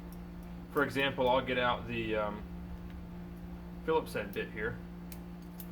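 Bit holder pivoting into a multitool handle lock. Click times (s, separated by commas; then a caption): 5.1 s, 5.6 s. The Phillips bit holder of a steel multitool is folded back into place in its handle lock. Someone talks, then two faint ticks are heard at 5.1 and 5.6 seconds. The holder locks only weakly and turns out of position.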